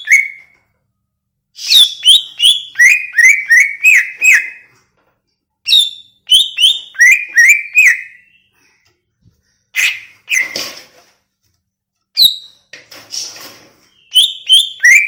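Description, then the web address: Greater green leafbird song: repeated bursts of fast, ringing whistles with sharp overtones, broken by pauses and a few harsher, noisier notes. Banyuwangi; described as gacor (singing persistently). "cucak ijo banyuwangi"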